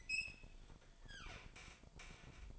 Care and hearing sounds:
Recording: daily activity, microphone in the room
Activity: open fridge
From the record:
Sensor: 5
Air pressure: 1007.9 hPa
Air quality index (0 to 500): 92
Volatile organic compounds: 1 ppm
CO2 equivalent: 722 ppm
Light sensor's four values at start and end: 39/90/38/39 and 41/95/39/41

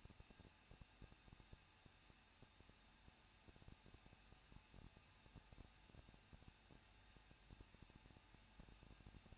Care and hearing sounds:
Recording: daily activity, microphone in the room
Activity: no activity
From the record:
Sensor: 2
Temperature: 21.0 degrees Celsius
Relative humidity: 37.4%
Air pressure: 1006.2 hPa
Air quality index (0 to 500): 222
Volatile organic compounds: 24 ppm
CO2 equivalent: 2809 ppm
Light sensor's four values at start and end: 2/3/2/2 and 2/3/2/2

